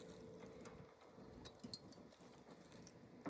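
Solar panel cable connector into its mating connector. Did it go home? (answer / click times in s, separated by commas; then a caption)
no / none. A plastic MC4-style solar panel cable connector is handled and pushed toward its mating connector while the panels are being wired. Faint handling rustle, a few light plastic ticks and a steady background hiss are heard, rising to a sharper sound at the very end. Nothing has seated or clicked yet.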